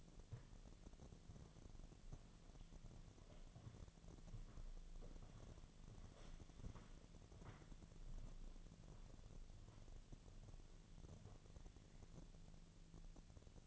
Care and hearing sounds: daily activity, microphone in the room; walk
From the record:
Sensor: 4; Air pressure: 1009.1 hPa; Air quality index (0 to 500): 168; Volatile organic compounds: 4 ppm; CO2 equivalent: 1692 ppm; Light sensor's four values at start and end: 25/77/29/28 and 24/76/29/28

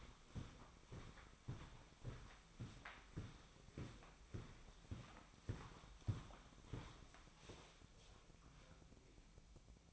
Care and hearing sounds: daily activity, microphone in the room; walk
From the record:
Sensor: 1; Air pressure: 1009.4 hPa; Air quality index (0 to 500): 185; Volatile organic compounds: 4 ppm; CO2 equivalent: 1561 ppm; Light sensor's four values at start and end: 52/138/57/69 and 51/138/57/69

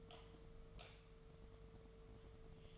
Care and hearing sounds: daily activity, microphone in the room; light off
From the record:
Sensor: 4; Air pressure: 1015.4 hPa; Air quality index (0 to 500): 171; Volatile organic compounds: 7 ppm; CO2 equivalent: 1977 ppm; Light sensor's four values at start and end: 21/51/21/22 and 18/43/18/18

